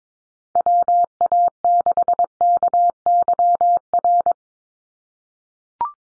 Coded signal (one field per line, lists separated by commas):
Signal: Morse code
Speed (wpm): 22 wpm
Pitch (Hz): 700 Hz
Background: none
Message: WA6KYR